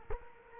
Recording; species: mosquito wingbeat signal from an infrared sensor; Culex quinquefasciatus